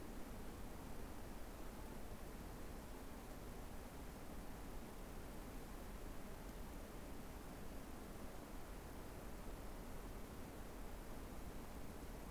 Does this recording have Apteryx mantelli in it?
no